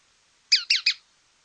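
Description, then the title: Mouse-colored tyrannulet giving a quick burst of three high, buzzy, downslurred notes in about half a second against a quiet background. Nominate subspecies murina. "LuckyPassaro Completos2Sama. Mouse-colored Tyrannulet (Phaeomyias murina murina)"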